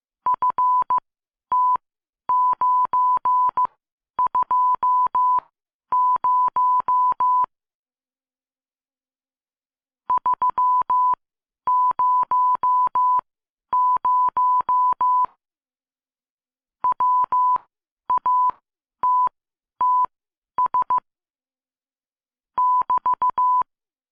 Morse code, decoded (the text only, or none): FT920 300 WATTS <BT>